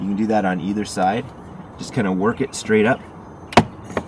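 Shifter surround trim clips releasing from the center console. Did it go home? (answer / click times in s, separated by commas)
released / 3.5 s, 3.6 s, 4.0 s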